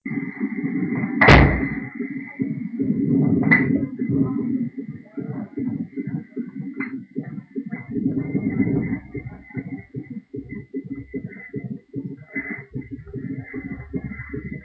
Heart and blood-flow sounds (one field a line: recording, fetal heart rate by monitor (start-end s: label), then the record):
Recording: fetal heart sounds by stethoscope on the mother's abdomen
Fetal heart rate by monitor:
0.00-10.00 s: 156 bpm
10.00-14.64 s: 154 bpm
From the record:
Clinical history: abnormal fetal non-stress test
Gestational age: 37 weeks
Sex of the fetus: boy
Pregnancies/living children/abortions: 3/1/1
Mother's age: 33 years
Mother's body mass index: 31.0